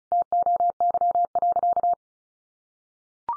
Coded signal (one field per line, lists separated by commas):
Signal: Morse code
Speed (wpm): 34 wpm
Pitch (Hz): 700 Hz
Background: none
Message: TOY.